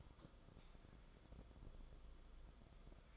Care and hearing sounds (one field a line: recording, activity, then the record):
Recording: daily activity, microphone in the room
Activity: light off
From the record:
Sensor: 5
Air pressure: 994.5 hPa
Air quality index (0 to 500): 191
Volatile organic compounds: 1000 ppm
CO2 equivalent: 5616 ppm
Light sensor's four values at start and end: 23/58/24/27 and 19/47/19/22